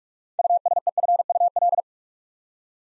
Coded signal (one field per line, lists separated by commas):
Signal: Morse code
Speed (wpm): 44 wpm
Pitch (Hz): 700 Hz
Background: none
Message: USEFUL